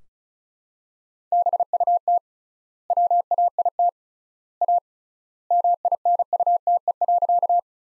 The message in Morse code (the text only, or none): BUT WAIT A MINUTE.